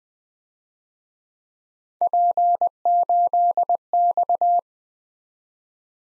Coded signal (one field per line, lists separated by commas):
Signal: Morse code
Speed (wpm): 23 wpm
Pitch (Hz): 700 Hz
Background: none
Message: P8X